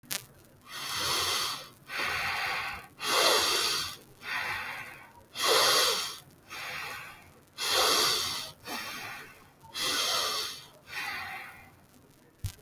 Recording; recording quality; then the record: shallow breathing; excellent, no background noise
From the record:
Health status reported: healthy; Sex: female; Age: 30 years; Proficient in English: yes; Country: India